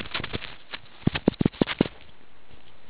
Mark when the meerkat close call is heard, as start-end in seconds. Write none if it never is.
none